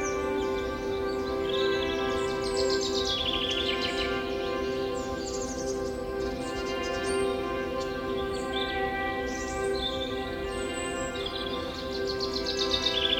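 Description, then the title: Birds chirping and singing in a chorus, with several overlapping high twittering and whistled phrases over a steady, constant humming tone throughout. Forest setting with birds chirping. "Forest Birdsong Nature Sounds Bird Sounds Birds Chirping Ambience"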